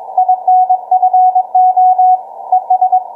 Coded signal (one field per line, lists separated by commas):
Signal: Morse code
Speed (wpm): 21 wpm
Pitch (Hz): 740 Hz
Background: none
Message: INFO ES